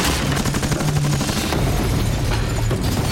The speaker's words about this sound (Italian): quasi ogni sera si sentono spari e raffiche di mitra.